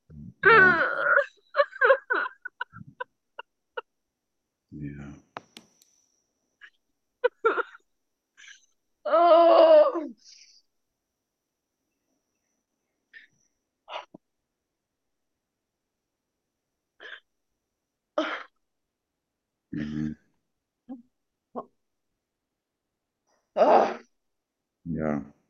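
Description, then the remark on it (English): A person lets out a loud, drawn-out howl lasting a second or two, rich and wavering, amid scattered short grunts and breathy vocal bursts with quiet gaps between. “That's like a huge howl. Like it belongs like in the forest, just like a.”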